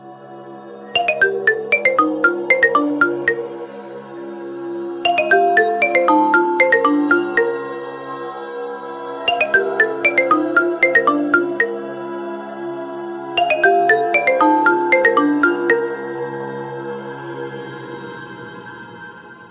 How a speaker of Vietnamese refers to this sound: Bên cạnh anh ta, chiếc điện thoại di động Nokia vẫn đang kêu vang.